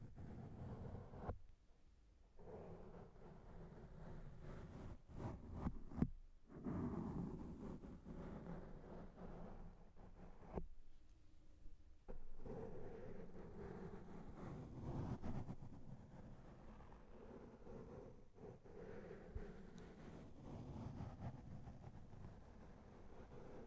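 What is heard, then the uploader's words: Brushes scrape and rub against a microphone in a continuous low, rough rumble, broken by brief pauses and sharp clicks around six and fifteen seconds. ASMR Brushing The Microphone with Different Brushes.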